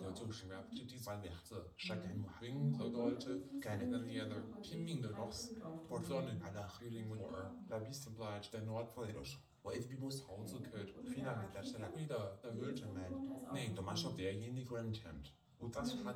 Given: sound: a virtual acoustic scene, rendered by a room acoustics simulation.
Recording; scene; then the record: noise of the scene; living room, asymmetric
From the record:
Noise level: 67 dB SPL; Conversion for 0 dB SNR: 5.4 dB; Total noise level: 72.4 dB SPL